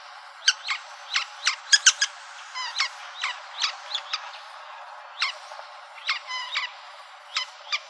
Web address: Woodpeckers RNSA